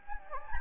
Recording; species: mosquito wingbeat signal from an infrared sensor; Anopheles gambiae